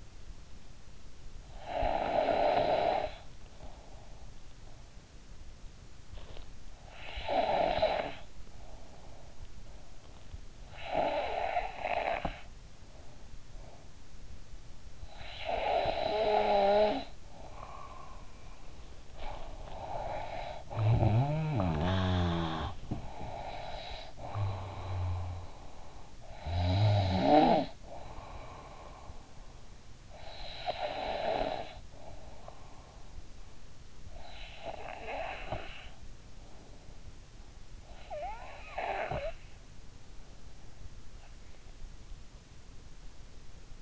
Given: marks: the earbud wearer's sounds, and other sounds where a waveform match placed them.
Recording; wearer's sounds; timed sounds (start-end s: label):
sounds in sleep by an in-ear microphone; snoring breath
0.00-39.88 s: snoring breath